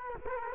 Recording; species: mosquito wingbeat signal from an infrared sensor; Culex quinquefasciatus